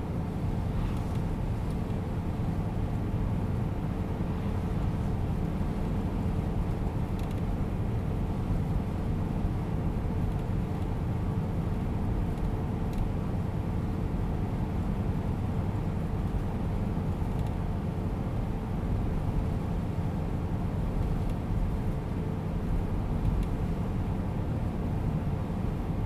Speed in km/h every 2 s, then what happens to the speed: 96, 96, 96, 96, 97, 96, 97, 97, 97, 96, 96, 96, 96.
0-26 steady at about 96.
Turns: none.